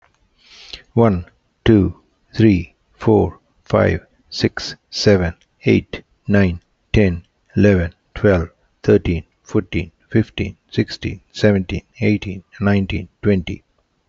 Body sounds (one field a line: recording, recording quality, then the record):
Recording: counting at a normal pace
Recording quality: excellent, no background noise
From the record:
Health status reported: healthy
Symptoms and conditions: none ticked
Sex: male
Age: 59 years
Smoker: not ticked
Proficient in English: yes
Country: India